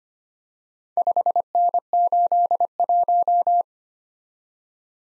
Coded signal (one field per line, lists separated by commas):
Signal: Morse code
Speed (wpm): 25 wpm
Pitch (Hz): 700 Hz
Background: none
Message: 5N81